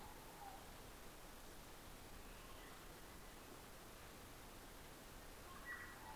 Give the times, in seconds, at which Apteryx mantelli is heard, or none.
none